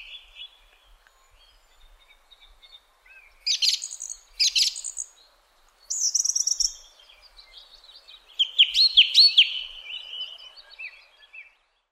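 Song thrush song in separate bursts: repeated high scratchy phrases, a buzzy trill, then a quick run of sliding whistles; faint background hiss between phrases.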